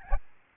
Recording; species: mosquito wingbeat signal from an infrared sensor; Aedes albopictus